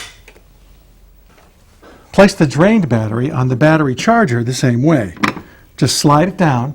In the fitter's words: then push it away from you until you hear it click into place